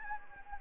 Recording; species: mosquito wingbeat signal from an infrared sensor; Anopheles gambiae